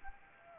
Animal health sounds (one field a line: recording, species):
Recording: mosquito wingbeat signal from an infrared sensor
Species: Anopheles arabiensis